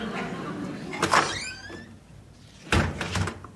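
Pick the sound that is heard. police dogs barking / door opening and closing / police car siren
door opening and closing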